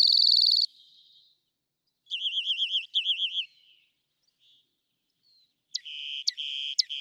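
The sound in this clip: Rock wren singing a high harsh note, then a fast wavering trill of repeated rolling notes, and later a series of sharp repeated notes over a buzzy tone.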